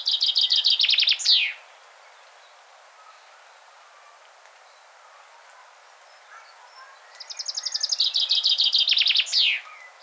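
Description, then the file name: Common chaffinch song heard twice: a phrase already under way ends with its terminal flourish, then after a quiet pause with faint soft notes, a full phrase of rapid repeated notes ends with a flourish. "Fringilla coelebs"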